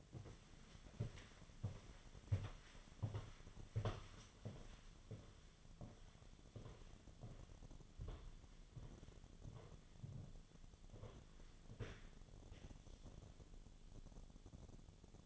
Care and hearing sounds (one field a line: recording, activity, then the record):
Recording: daily activity, microphone in the room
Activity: walk to room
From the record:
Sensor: 4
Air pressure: 1011.0 hPa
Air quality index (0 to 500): 159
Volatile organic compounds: 4 ppm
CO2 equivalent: 1626 ppm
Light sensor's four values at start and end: 43/123/50/52 and 45/127/51/53